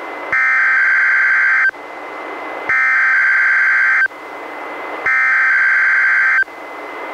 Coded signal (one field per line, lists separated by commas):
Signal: Emergency Alert System (SAME) tones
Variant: header bursts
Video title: EAS #337-340: 4 NWR Required Weekly Tests- Aug. 14-Sep. 4, 2019